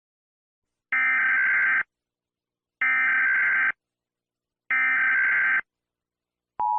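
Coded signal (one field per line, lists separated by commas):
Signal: Emergency Alert System (SAME) tones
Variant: header bursts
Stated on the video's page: Fan-made Halloween EAS scenario, not real.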